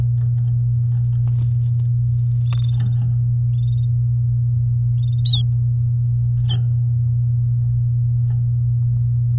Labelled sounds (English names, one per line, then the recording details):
Domestic Canary song
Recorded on 9 May 2018 at 14:15
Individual llb16